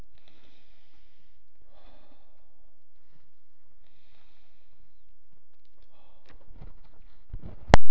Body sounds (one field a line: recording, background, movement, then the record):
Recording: deep breathing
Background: quiet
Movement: sitting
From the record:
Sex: male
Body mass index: 23.7 kg/m2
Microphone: on the chest, facing outward